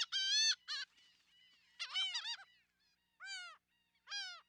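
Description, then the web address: Laughing gull calls, nasal laughing notes in short bursts with pauses between them, with fainter calls in the gaps. "Wildlife Identification By Sound, Western North America. Laughing Gull"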